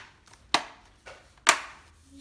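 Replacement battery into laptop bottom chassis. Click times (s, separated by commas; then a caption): 0.5 s, 1.5 s. A replacement battery is pressed down into its bay in the base of a Dell Inspiron 15 5000 Series laptop. Two sharp snaps ring out at 0.5 s and 1.5 s, with a fainter tap between them, and the battery is seated in place.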